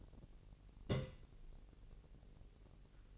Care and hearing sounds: daily activity, microphone in the room; place on stove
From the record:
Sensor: 4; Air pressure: 1002.8 hPa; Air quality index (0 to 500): 246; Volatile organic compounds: 11 ppm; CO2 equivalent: 2311 ppm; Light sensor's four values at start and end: 8/18/7/7 and 8/18/7/7

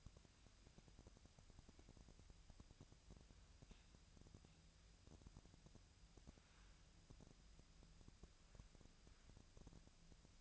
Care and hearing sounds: daily activity, microphone in the room; wipe stove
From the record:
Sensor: 2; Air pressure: 1003.2 hPa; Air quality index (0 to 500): 202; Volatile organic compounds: 6 ppm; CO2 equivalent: 1914 ppm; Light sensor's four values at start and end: 8/19/8/9 and 8/19/8/9

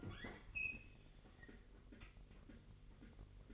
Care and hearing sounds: daily activity, microphone in the room; open fridge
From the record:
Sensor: 4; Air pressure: 1002.7 hPa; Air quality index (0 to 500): 240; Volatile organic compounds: 17 ppm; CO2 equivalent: 2571 ppm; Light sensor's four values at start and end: 5/11/4/5 and 4/11/4/4

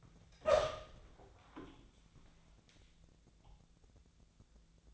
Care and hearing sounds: daily activity, microphone in the room; open door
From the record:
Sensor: 3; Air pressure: 1000.4 hPa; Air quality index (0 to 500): 171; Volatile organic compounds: 3 ppm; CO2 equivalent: 1490 ppm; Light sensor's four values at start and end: 13/32/13/14 and 13/32/14/14

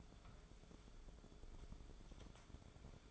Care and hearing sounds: daily activity, microphone in the room; take from stove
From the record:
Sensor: 5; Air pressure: 1010.5 hPa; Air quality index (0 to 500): 110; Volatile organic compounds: 2 ppm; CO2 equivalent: 1087 ppm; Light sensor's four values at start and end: 548/1393/579/666 and 563/1432/595/689

